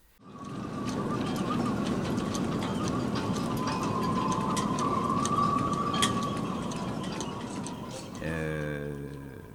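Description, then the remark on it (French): Sailboat halyards slap against the mast in scattered, irregular metallic ticks over a steady rush of wind. A faint whistling tone runs beneath, and a brief harmonic hum rises at the end. “Le bruit des haubans, des drisses qui claquent sur le mât du bateau.”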